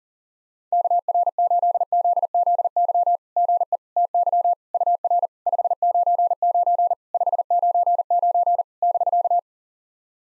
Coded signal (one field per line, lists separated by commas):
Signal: Morse code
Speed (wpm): 44 wpm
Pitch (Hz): 700 Hz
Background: none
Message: KR8ZZY GE TY UR 599 599 <BK>